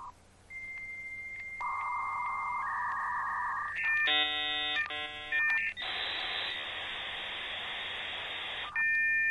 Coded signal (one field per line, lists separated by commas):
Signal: dial-up modem handshake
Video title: ASMR for Computer Geeks (Dial Up Sounds)